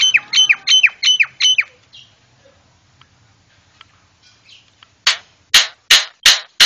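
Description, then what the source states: Javan myna song: five quick twangy whistled phrases, soft scattered notes, then a run of loud, harsh, evenly repeated rasping calls. Training call for cage birds, white-eyed form.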